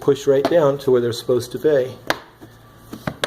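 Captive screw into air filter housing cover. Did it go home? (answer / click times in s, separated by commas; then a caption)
yes / 3.1 s, 3.2 s. Someone talks while pushing the captive screws on the plastic air filter housing cover of a 2015 Volkswagen Passat Wolfsburg down by hand. After a sharp tap and a quieter stretch, the screws pop into their seats with short clicks at 3.1 and 3.2 seconds.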